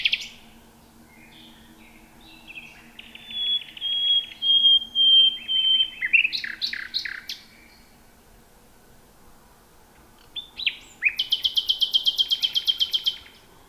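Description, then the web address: Common nightingale singing in bursts: a long pure whistle, then loud repeated chuck notes, a pause, and a fast rattling run of clicks near the end. "nachtegaal luscinia megarhynchos"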